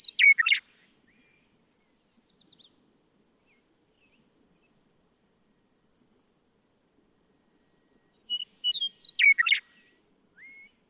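Western meadowlark: a loud, bubbling song phrase at the start and another near the end, with softer high whistled notes in between.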